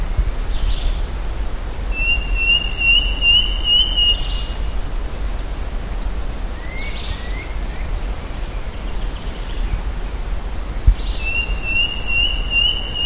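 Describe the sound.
Bird calls, drawn-out whistled notes held near one high pitch, with short slurred chirps between, over strong low background rumble.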